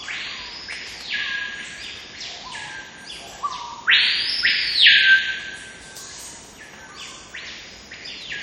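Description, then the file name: Screaming piha song: a series of loud, rising-then-falling whistled blasts, the strongest midway through, with softer overlapping whistles and thin lower sweeps against constant hiss. "Lipaugus vociferans singing and whistling"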